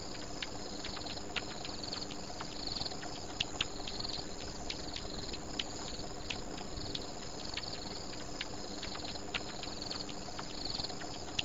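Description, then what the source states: Bat calls as quick snapping clicks, scattered throughout, set against a continuous hissing background. Recorded at a pond.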